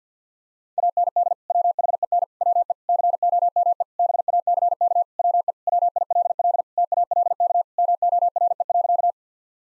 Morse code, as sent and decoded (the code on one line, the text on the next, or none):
.- -. -.. / .-- .... . -. / .-- . / -.-. --- -- . / -... .- -.-. -.- / .-- . / .-- .. .-.. .-.. / - .- .-.. -.- / -- --- .-. . .-.-.-
AND WHEN WE COME BACK WE WILL TALK MORE.